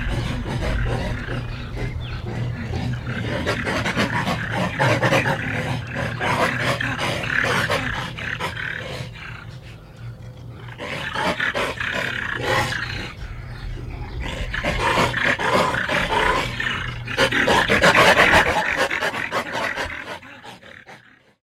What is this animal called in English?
Wolverine